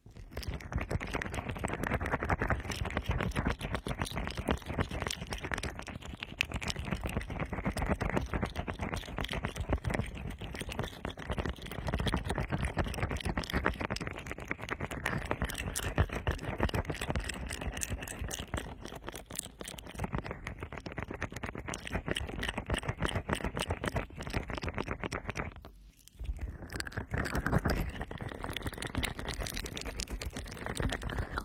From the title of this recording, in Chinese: 毛茸茸 快速按摩双耳